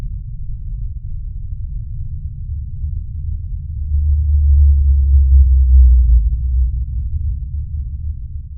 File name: blue whale d calls brian miller australian antarctic division